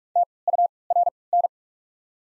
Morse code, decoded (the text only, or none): TURN